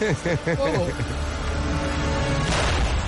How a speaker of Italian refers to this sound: Padre mio, cos'era quell'esplosione? Era l'ambulanza. No. Io li ho avvertiti che con quel motore era pericoloso, ma loro non mi hanno voluto ascoltare. E quindi ha fatto bomba!